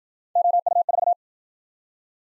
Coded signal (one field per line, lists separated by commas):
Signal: Morse code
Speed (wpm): 53 wpm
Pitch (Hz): 700 Hz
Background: none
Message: OU4